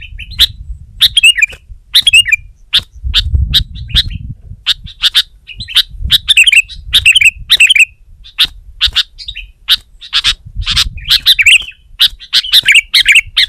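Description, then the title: Sooty-headed bulbul singing a long run of crisp, scratchy chirps and bubbly slurred phrases, uneven tempo, with faint low-pitched background rumble. "kutilang"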